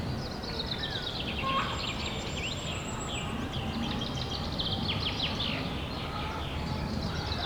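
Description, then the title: Chickens clucking and squawking together in a busy flock chorus, overlapping harsh notes throughout, with a thin high whistle drawn out midway over steady background hiss. Henhouse of the Abbaye Sainte-Marie du Désert, Bellegarde-Sainte-Marie, France; recorded with a Zoom H6 using an MS microphone. "35 Chem. de Saint-Bernard, 31530 Bellegarde-Sainte-Marie, France - the henhouse of the abbey. abbaye sainte marie du désert le poulailler"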